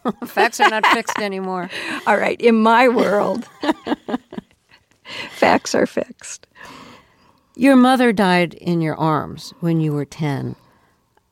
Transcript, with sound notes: Facts are not fixed anymore.
All right. In my world...
(Laughter).
...Facts are fixed.
Your mother died in your arms when you were 10.